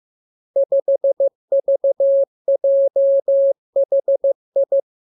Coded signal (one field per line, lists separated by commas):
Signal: Morse code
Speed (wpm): 15 wpm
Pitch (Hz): 550 Hz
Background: none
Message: 5VJHI